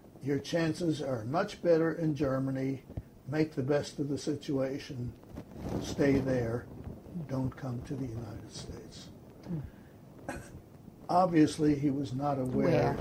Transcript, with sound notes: Your chances are much better in Germany, make the best of the situation. Stay there, don't come to the United States." (throat noise) Obviously he was not aware—
Aware.